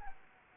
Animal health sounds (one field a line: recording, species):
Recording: mosquito wingbeat signal from an infrared sensor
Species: Anopheles arabiensis